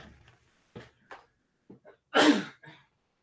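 A man gives a single loud, abrupt, hissing sneeze that bursts out after a few faint sounds on a crackly live-stream call line.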